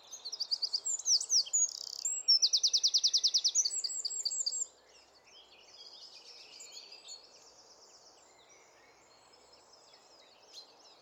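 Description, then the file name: Eurasian wren song lasting about five seconds: quick shrill notes and a rattling high trill, followed by quieter, faint high twitters and low background hiss. "Troglodytes troglodytes"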